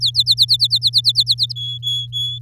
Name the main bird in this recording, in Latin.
Serinus canaria